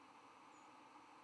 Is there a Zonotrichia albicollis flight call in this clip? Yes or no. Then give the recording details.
yes. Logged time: 05:58 on 11 November 2014